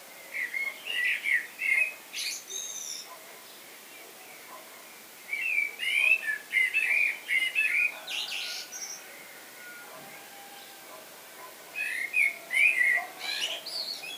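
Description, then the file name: Common blackbird song: mellow fluted warbling phrases followed by high squeaky twitters, coming in bursts near the start, middle and end with quiet gaps between. "Turdus merula"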